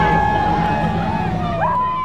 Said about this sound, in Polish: Idziemy się napić nad rzekę, a potem przez 3 sekundy przepływają łodzie i wszyscy krzyczą... Dodajmy, że to je dobyło się z mnóstwa gardeł.